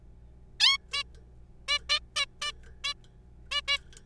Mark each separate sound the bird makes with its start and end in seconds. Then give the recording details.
0.60-0.77, 0.93-1.03, 1.68-1.78, 1.89-1.99, 2.16-2.25, 2.42-2.52, 2.84-2.94, 3.51-3.61, 3.68-3.78. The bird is a juvenile. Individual R3428